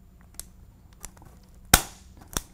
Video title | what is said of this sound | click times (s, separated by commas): How To Install A Cat6 Computer Jack | hear that snap | 1.7 s